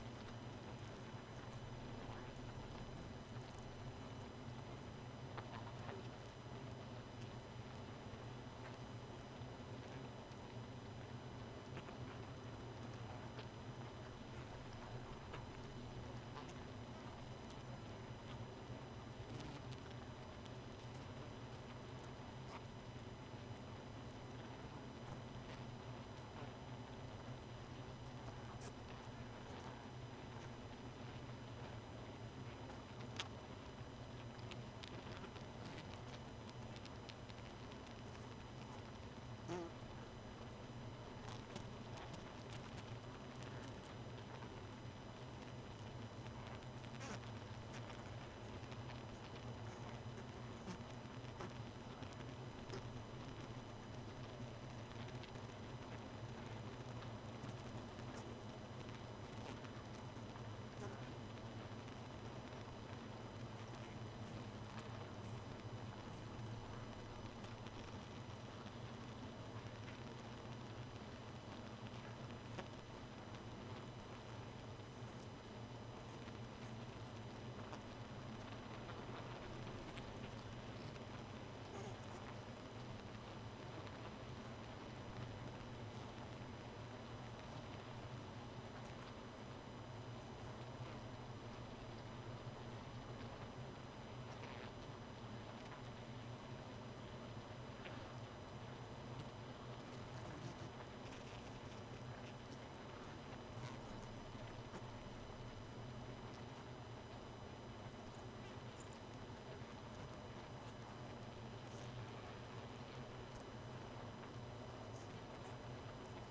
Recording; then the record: honeybee colony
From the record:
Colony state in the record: missing queen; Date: 31 May 2018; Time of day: 1:00